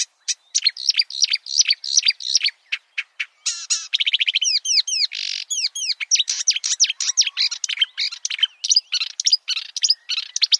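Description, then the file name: Marsh warbler singing a fast, continuous stream of high chattering notes, buzzy trills and quick upslurred whistles with constantly changing phrases. "suara-kicauan-burung-marsh-warbler -omkicau"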